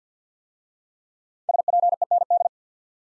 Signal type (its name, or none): Morse code